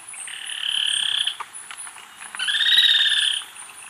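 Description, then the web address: Spillmann's tapaculo song: two fast, even trills, each about a second long, at a steady mid-high pitch, separated by a short pause with faint ticks. Ecuador. "Birds of Ecuador Spillmann's Tapaculo"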